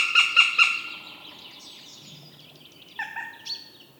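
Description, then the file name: Northern goshawk giving three loud, evenly spaced calls at the start, then fainter, differently pitched call notes after a quiet gap. "habicht"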